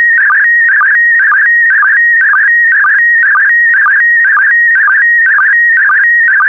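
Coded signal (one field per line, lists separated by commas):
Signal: SSTV (slow-scan television)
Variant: PD120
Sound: steady warbling electronic tone with rhythmic low chirps about twice per second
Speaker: The next image transmission will start in 10 seconds.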